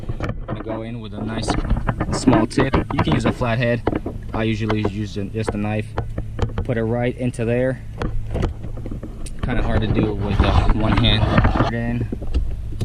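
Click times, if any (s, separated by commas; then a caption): 11.4 s. A knife tip is pushed into the plastic electrical connector on the seat belt retractor wiring of a 2012 Acura RDX to pry up its safety clip while someone talks. A small, sharp click at 11.4 s marks the safety clip releasing open.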